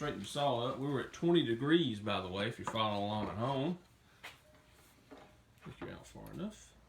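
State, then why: Not seated. Someone talks while a miter saw's angle is swung back from 20° toward zero, so its metal detent can drop into the zero-degree stop on the saw table. After the talking stops, only faint, quiet handling sounds follow, including a brief soft knock near 5.6 seconds. The detent has not yet clicked into the zero stop.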